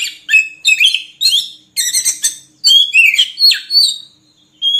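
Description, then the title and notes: Oriental magpie-robin song: loud varied whistled and buzzy phrases in quick bursts, some rising and falling, separated by short pauses, ending with a clear whistle. Long-duration filler (isian) song recording used to train magpie-robins to sing actively day and night. "Kacer Jadi Gacor Siang Malam. Isian Kacer Durasi Panjang"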